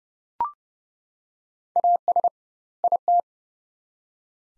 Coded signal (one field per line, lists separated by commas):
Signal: Morse code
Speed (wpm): 30 wpm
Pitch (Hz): 700 Hz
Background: none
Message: AS IT